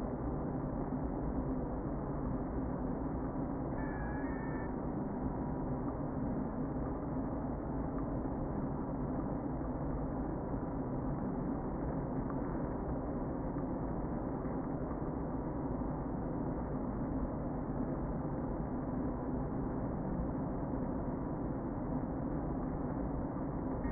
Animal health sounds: honeybee colony, microphone inside the hive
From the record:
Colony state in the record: queen present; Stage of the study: before two queens were removed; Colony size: about 60,000 bees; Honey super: yes

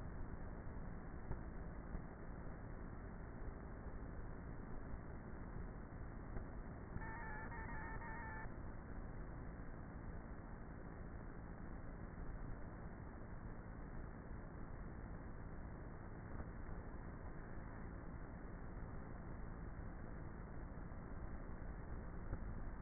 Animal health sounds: honeybee colony, microphone inside the hive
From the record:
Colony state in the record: queenless with a low population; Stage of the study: before two queens were removed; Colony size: about 30,000 bees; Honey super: no

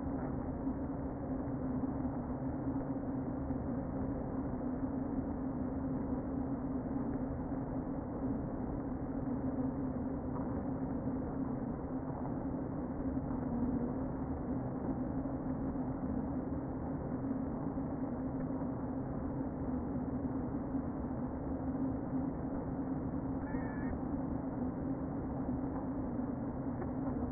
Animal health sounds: honeybee colony, microphone inside the hive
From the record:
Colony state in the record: queen present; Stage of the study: before two queens were removed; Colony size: about 60,000 bees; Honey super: yes

